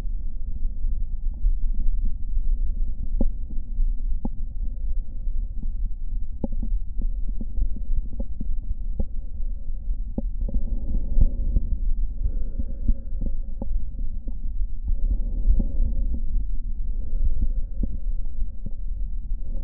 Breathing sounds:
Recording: lung sounds by stethoscope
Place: right anterior apical chest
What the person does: quiet breathing, then deep breathing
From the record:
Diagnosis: COPD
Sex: male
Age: 64 years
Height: 166 cm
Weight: 92.7 kg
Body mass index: 33.6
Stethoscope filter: diaphragm mode

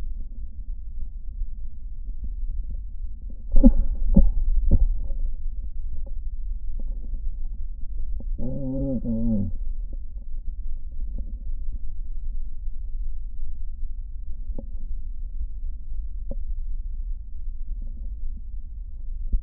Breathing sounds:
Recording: lung sounds by stethoscope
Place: left posterior basal chest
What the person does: quiet breathing, then cough and speech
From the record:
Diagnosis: COPD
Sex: male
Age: 81 years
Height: 166 cm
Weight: 98.7 kg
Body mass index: 35.8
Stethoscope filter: diaphragm mode

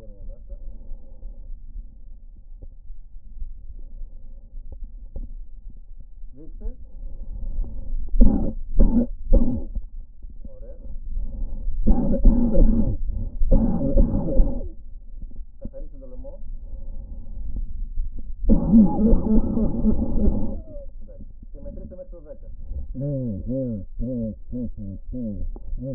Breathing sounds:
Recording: lung sounds by stethoscope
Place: right anterior apical chest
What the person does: quiet breathing, then cough and speech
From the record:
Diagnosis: pulmonary infection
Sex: male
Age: 74 years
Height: 171 cm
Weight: 80 kg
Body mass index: 27.4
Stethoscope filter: diaphragm mode

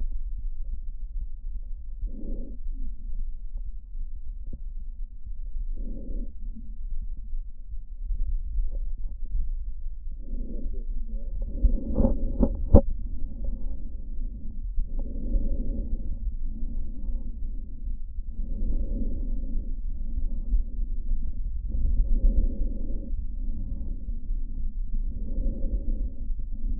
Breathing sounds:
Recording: lung sounds by stethoscope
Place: left posterior basal chest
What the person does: quiet breathing, then deep breathing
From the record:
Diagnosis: pulmonary infection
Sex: male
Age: 86 years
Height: 165 cm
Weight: 65 kg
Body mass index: 23.9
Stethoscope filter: diaphragm mode

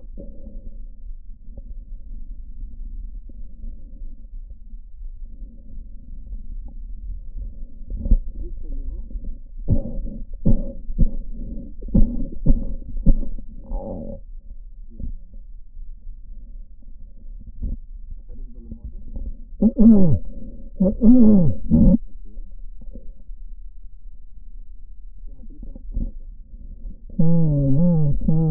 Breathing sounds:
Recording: lung sounds by stethoscope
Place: right posterior apical chest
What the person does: quiet breathing, then cough and speech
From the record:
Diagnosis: COPD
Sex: male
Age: 75 years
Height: 182 cm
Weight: 98 kg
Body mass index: 29.6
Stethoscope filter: diaphragm mode

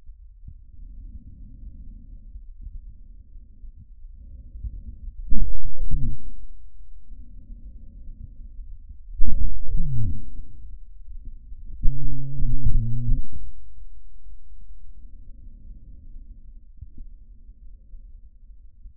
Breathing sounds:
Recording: lung sounds by stethoscope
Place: trachea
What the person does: quiet breathing, then cough and speech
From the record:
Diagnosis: COPD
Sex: male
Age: 57 years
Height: 165 cm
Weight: 85.7 kg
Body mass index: 31.5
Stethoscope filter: bell mode

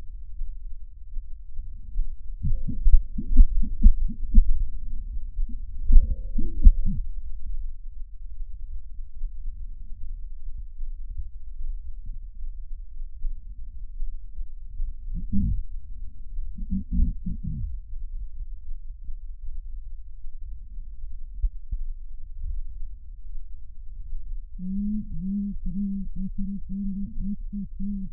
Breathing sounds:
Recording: lung sounds by stethoscope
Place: right anterior apical chest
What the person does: quiet breathing, then cough and speech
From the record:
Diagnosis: pulmonary infection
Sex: female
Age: 74 years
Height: 160 cm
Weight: 66 kg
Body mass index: 25.8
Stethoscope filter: bell mode

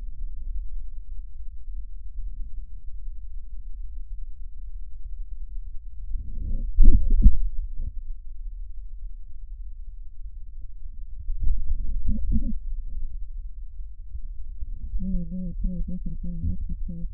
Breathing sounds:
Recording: lung sounds by stethoscope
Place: left posterior apical chest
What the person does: quiet breathing, then cough and speech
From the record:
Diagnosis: interstitial lung disease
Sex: female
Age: 70 years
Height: 160 cm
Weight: 93 kg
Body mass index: 36.3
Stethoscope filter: bell mode

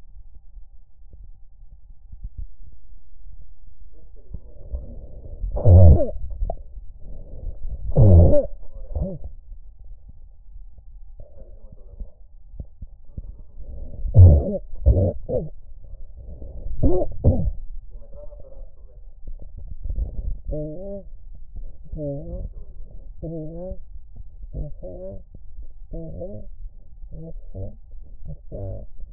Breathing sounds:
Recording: lung sounds by stethoscope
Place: left anterior apical chest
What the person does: quiet breathing, then cough and speech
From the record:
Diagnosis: COPD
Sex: female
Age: 68 years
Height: 150 cm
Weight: 70 kg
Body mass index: 31.1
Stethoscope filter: extended mode

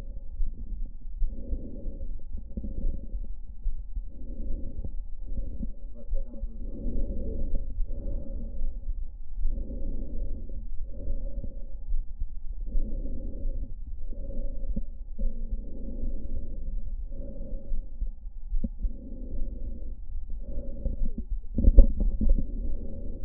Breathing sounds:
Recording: lung sounds by stethoscope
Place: left posterior apical chest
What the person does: quiet breathing, then deep breathing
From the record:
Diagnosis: asthma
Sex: female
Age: 56 years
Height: 161 cm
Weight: 85 kg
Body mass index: 32.8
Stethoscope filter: diaphragm mode

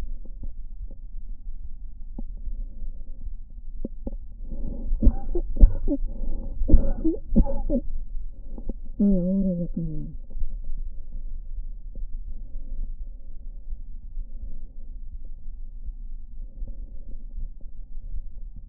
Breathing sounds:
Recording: lung sounds by stethoscope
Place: right anterior apical chest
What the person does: quiet breathing, then cough and speech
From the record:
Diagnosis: asthma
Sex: female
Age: 65 years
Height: 157 cm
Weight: 70.2 kg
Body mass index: 28.5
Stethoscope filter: diaphragm mode

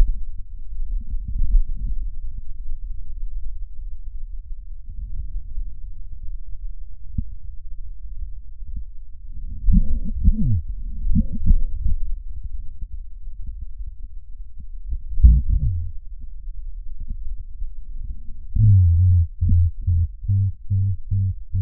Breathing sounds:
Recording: lung sounds by stethoscope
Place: right posterior basal chest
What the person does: quiet breathing, then cough and speech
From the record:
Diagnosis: none (healthy)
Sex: male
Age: 34 years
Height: 174 cm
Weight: 93 kg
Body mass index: 30.7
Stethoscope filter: bell mode

